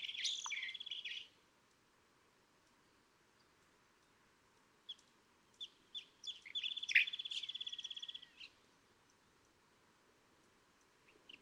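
California thrasher: songbird gives two bursts of rapid, repeated scratchy notes and a slurred whistle, separated by a long quiet gap, over a steady low background hiss.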